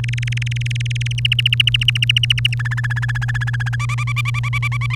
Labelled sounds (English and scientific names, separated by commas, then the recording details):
Domestic Canary (Serinus canaria) song
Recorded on 1 May 2018 at 05:43
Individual llb3